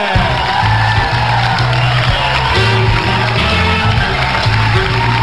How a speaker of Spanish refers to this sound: Muchas gracias. Bueno, gracias. ¿Se van a arrepentir de aplaudir tanto?